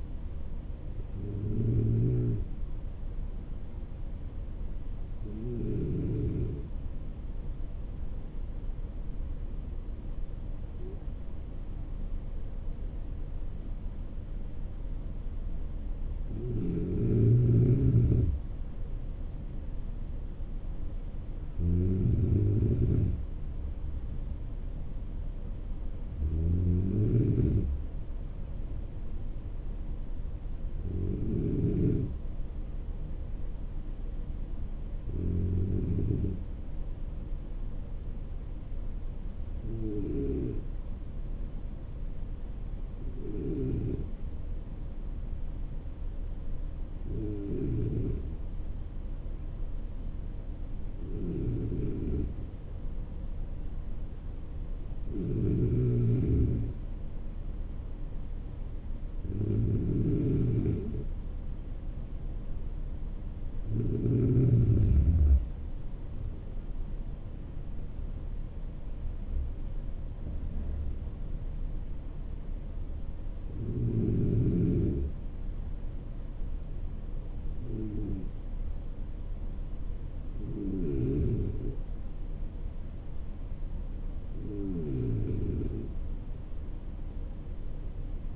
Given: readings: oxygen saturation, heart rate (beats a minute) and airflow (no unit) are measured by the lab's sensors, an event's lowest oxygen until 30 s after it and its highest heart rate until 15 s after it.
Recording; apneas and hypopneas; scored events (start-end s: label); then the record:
breathing in sleep by a smartphone at the bedside; 2
3.00-18.10 s: hypopnea (N3, oxygen 95% highest, then 92% lowest)
42.00-58.50 s: hypopnea (N3, oxygen 95% highest, then 92% lowest)
From the record:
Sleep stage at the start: N3 (deep sleep); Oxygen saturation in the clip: 92 to 95%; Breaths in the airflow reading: 19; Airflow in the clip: -9.9 to 14.6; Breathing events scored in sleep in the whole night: 304 in 5.6 hours asleep